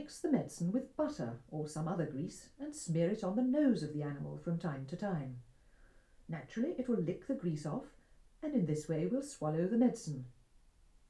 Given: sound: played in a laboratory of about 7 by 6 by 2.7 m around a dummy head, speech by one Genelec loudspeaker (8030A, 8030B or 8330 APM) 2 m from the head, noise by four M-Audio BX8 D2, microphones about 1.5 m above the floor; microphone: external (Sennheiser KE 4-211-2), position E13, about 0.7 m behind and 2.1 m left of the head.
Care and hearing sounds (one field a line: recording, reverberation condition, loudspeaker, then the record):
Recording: female speech in English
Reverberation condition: low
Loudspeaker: 150 degrees to the left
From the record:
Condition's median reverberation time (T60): about 310 ms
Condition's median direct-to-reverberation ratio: about 3.5 dB